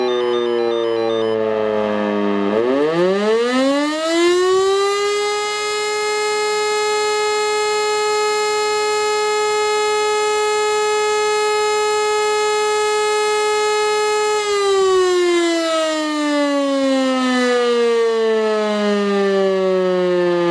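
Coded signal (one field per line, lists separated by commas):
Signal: siren signal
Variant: German Feueralarm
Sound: a siren winds up, wails steadily for about twelve seconds, then winds down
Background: faint low hum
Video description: und dann geht die Sirene zum Signal "Feueralarm" los!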